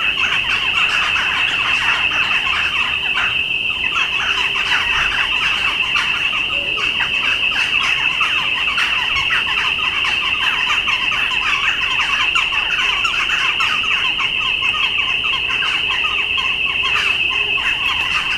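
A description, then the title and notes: Birds around Llanelli: a dense, busy chorus of chirps and short calls overlaps without a break for the whole clip. A steady high whistling tone runs underneath from start to finish, and the overall level stays even throughout. Birds of Llanelli.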